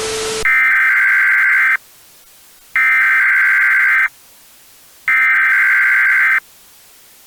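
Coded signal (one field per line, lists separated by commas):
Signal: Emergency Alert System (SAME) tones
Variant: header bursts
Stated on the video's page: Fictional analog-horror EAS scenario; nothing real was broadcast.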